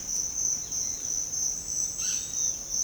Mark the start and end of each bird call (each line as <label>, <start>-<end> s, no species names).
bird call, 0.59-1.17 s
bird call, 1.96-2.55 s